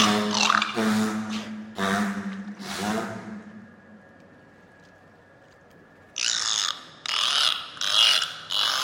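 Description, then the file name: Beluga whale making low, harmonic, groaning squawks, then a quiet whistle, then loud rasping high bursts. "zvuki belukhi"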